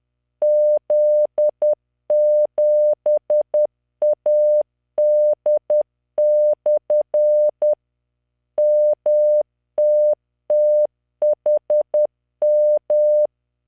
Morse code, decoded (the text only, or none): Z7AD/ MTTHM